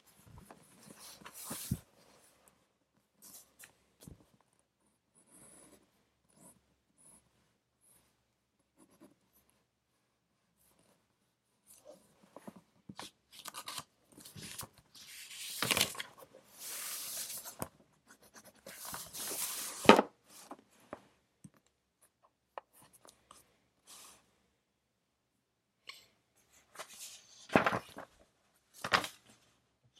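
Pencil scratching during study comes in short irregular strokes and taps, with long quiet gaps and louder bursts around the middle and near the end.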